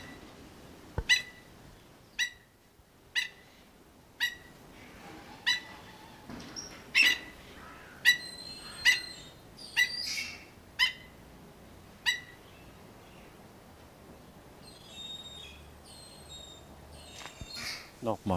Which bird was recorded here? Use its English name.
Black-necked Stilt